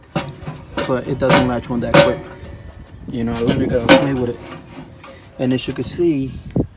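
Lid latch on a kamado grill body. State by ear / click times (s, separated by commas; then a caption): not seated / none. Someone talks while handling the lid latch on the body of a Char-Griller Akorn Kamado grill, with a brief sharp sound near 5.0 s. Nothing has seated or clicked yet.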